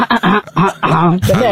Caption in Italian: Tossisco, a volte, soprattutto quando più rastino ogni tanto quando lo faccio, poi mi sembra che somiglia a una melodia, quindi vado avanti da canzone, vado avanti per 10 minuti a fare. La signora che rappa con la tosse.